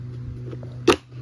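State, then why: Seated. A long plastic extension tube is pushed onto the outlet of a Craftsman CMEBL700 leaf blower vacuum and mulcher. A sharp, bright click at 0.9 s marks it seating in place, over a steady low hum with a few faint taps. The tube clicks into place.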